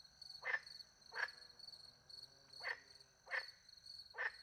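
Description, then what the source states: Frog producing five brief rough croaks at uneven intervals, over an unbroken high chirping of crickets. Countryside by night beside a little pond in France, with crickets; microphones hidden in a tree near the pond; two Usi Pro microphones recorded into a MixPre-10 II.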